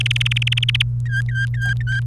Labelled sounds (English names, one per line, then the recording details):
Domestic Canary song
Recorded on 28 April 2018 at 17:55
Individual llb3